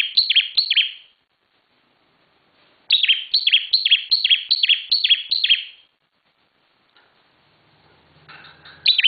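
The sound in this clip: Bar-winged prinia singing high, clipped descending chirps in quick series, broken by silent gaps, with a faint low hum and scratchy noise near the end.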